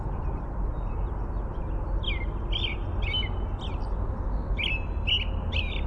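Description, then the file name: American robin singing short warbled phrases in a steady run from about two seconds on, over constant low rumbling background noise. "AMRO song"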